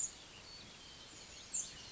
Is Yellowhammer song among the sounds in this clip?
no